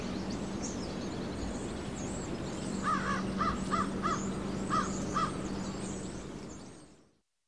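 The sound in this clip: Bird calls: a harsh, doubled note repeated several times in a few seconds, with faint high chirps and a low steady hum, fading out at the end.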